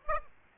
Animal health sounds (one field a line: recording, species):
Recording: mosquito wingbeat signal from an infrared sensor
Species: Aedes aegypti